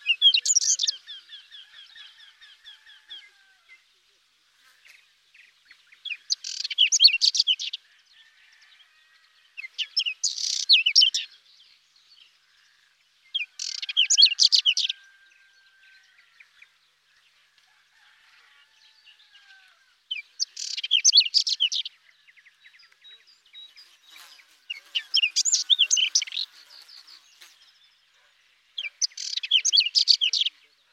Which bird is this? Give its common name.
Whinchat